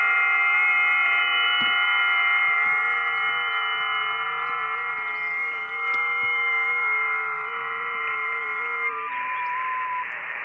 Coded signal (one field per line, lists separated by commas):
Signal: FT8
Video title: Gone Fishin'... For my 50th Unique POTA Activation in Stealth Mode!